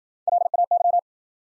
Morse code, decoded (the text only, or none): LAY